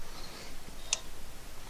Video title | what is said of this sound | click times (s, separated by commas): DIY 2016 + Civic Rear Brake Replacement With EPB Using Honda Tech Manual | and you can actually hear it click | 0.9 s